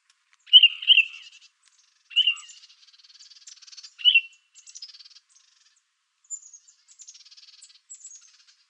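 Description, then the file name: Dusky-capped flycatcher giving a few short burry, rolling notes, then softer higher twittering and faint scattered chips toward the end. Arizona, 15 July 2006. "DCFL 2 deviche"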